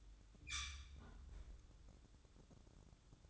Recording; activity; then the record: daily activity, microphone in the room; close fridge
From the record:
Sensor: 3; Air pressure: 1007.8 hPa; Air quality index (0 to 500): 72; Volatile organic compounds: 1 ppm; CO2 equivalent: 649 ppm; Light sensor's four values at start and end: 12/28/12/12 and 12/28/12/12